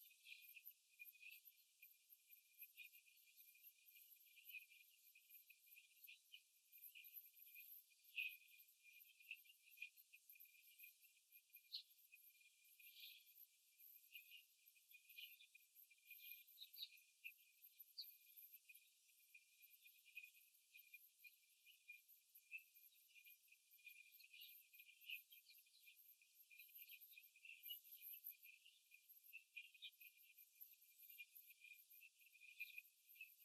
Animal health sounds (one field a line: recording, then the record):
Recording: young laying hens in a cage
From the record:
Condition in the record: after the stressor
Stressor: simulated dog barking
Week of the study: 3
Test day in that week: 2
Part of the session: 3